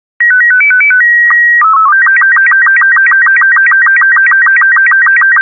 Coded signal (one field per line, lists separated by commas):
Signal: SSTV (slow-scan television)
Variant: Robot 36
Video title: Kerbal Space Program SSTV #2